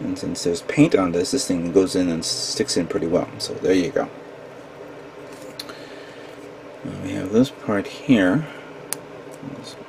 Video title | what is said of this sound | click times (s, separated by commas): *GundamCustoms* 1/144 HG Gundam Cathedral Schwartzritter - Part 5 | This snaps into place right there. | 8.9 s